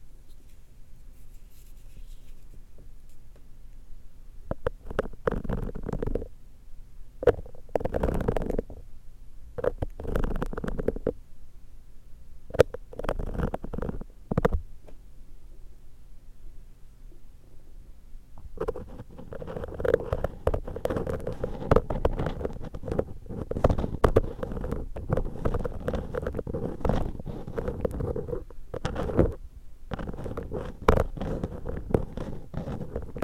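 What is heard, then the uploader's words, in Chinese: Unboxing a new candle: scraping, rustling handling noises come in short bursts through the first fifteen seconds, separated by near-silence. From about 18 seconds the packaging sounds become almost continuous and denser, with a faint low hum underneath throughout. 開箱新蠟燭。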